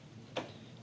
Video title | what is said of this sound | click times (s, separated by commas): Benchmarking Corsair Vengeance Pro 32GBs Ram And Other Upgrades | um sicherzustellen, dass die zurück schnappt ein | 0.4 s